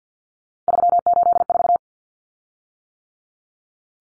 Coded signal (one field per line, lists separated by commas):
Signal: Morse code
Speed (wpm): 50 wpm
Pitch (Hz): 700 Hz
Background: none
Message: 384